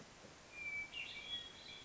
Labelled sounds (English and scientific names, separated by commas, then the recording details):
Hermit Thrush (Catharus guttatus)
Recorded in Sonoma County, California